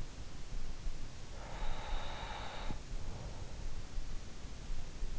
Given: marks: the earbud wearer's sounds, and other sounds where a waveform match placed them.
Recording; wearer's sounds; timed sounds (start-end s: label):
sounds in sleep by an in-ear microphone; breath
1.01-3.79 s: breath